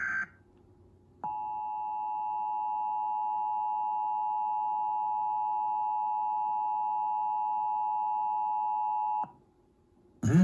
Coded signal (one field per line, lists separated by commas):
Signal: Emergency Alert System (SAME) tones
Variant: 853 and 960 Hz attention tone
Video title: National 2023 Emergency Alert System Test - Dish Satellite/Cable Provider (10/4/23 11:20 AM PST)